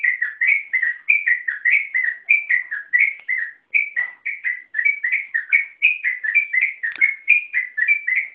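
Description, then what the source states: Yellow-vented bulbul song: an unbroken stream of quick, liquid, up-and-down whistled notes, lively and evenly paced, with a short pause midway. Song style called ropel panjang, a long rapid-fire song run.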